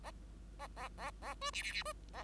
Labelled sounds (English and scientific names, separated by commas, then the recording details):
Bengalese Finch (Lonchura striata domestica) song
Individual Bird5